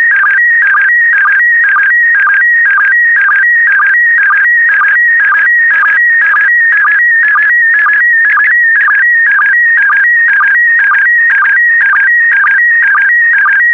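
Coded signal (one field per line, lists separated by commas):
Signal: SSTV (slow-scan television)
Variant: PD120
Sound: warbling tone stepping between pitches, with a short low blip about twice a second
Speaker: The next image transmission will start in 10 seconds.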